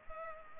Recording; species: mosquito wingbeat signal from an infrared sensor; Culex pipiens